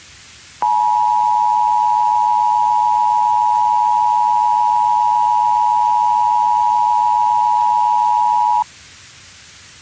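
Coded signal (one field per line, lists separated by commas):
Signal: Emergency Alert System (SAME) tones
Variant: 853 and 960 Hz attention tone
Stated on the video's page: Fake EAS alert for a North Korean and terrorist invasion of Los Angeles, made as an April Fools joke.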